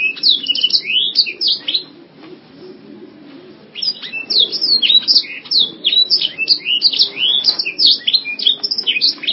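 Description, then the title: Canary song: bright, rapid twittering trills, a brief quieter stretch, then a dense, loud outpouring of high chirped notes. "Kenari"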